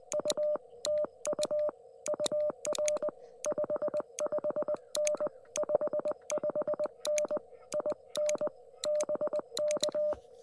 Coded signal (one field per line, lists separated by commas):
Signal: Morse code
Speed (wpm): 20 wpm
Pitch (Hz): 600 Hz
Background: none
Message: U TU UR 55N 55N IN BK